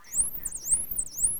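Whale calls: high squealing whistles that sweep sharply upward and then dip and rise again, repeating about every half second over a low rumbling background.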